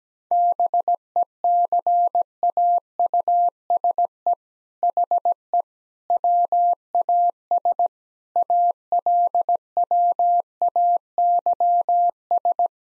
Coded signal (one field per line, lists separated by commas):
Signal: Morse code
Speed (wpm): 17 wpm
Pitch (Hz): 700 Hz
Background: none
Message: BECAUSE HE WAS ALWAYS